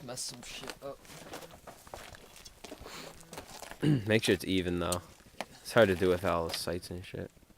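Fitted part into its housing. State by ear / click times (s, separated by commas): not seated / none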